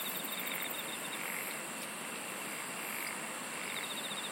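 Insects singing in a dense, steady chorus, with rapid pulsed trills running high and a broad hiss of many callers underneath throughout.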